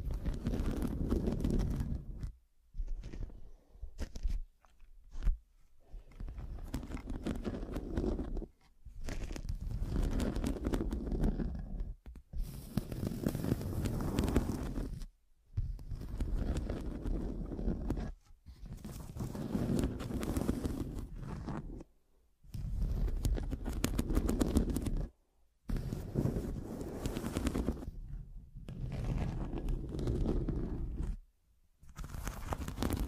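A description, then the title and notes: Scratching in long rough bursts, each lasting a few seconds, broken by short silent gaps at about 2, 5, 8, 15, 22, 25 and 31 seconds. The scraping is dense and grainy, heaviest in the low and middle range, with a hissy top. Pure Scratching.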